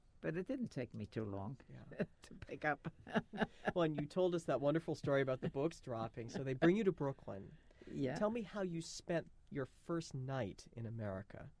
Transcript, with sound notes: But it didn't take me too long to pick up. (she laughs)
Well, and you told us that wonderful story about the books dropping. So they bring you to Brooklyn.
Yeah.
Tell me how you spent your first night in America.